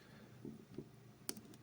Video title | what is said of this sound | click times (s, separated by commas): Trick electrical filter module. | it snaps back in it's obviously being held by a magnet | 1.3 s